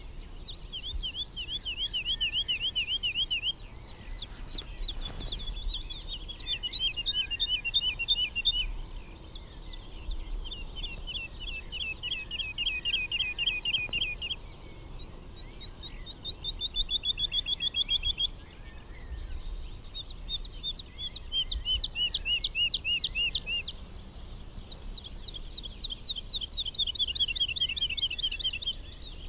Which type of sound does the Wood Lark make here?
flight song